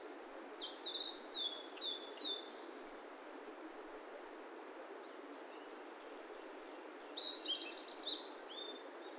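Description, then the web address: Bird song: a high series of quick descending notes, a pause of several seconds, then another twittering phrase, with a steady hiss throughout. "yacho koe"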